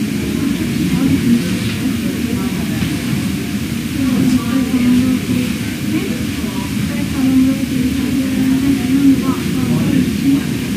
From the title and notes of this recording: Extended ER ambience.